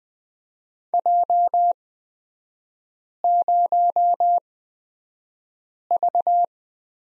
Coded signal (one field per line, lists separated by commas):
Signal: Morse code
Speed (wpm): 20 wpm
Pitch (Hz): 700 Hz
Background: none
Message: J0V